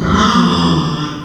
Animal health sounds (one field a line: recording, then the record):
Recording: squeal of a Yucatan mini pig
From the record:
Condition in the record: after surgery on the right vocal fold (resection and tissue-engineered implant)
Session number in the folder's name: 15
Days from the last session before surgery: 175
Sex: female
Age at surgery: 19 weeks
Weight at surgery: 25 kg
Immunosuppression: prednisolone